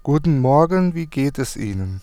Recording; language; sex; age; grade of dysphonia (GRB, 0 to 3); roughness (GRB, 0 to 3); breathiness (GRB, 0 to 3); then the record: spoken sentence; German; male; 30 to 39 years; 0; 0; 0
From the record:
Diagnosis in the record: healthy voice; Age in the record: 32 years